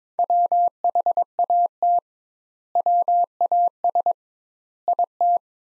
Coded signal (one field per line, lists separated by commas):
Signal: Morse code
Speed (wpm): 22 wpm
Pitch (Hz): 700 Hz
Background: none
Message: WHAT WAS IT